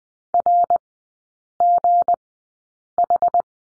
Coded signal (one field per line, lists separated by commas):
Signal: Morse code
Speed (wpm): 20 wpm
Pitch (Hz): 700 Hz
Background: none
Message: RGH